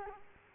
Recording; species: mosquito wingbeat signal from an infrared sensor; Culex quinquefasciatus